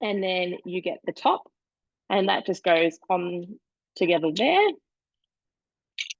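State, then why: Seated. A woman talks while lining up the teeth and fitting the plastic top onto the base of a food-processor vegetable cutter accessory. She then squeezes the two halves together, and two short clicks are heard at 6.0 and 6.1 seconds as the top seats and locks in place.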